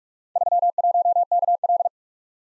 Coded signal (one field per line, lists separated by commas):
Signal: Morse code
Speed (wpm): 43 wpm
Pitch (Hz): 700 Hz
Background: none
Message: 31KL